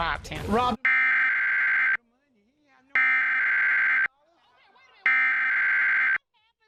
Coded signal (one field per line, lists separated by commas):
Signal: Emergency Alert System (SAME) tones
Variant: header bursts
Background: speech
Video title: WTOG Emergency Alert System (EAS) Activation, 8/28/2023